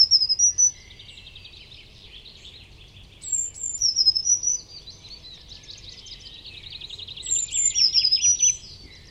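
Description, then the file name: Eurasian blue tit giving high thin notes and buzzy churring trills in repeated bursts every few seconds. "Cyanistes caeruleus"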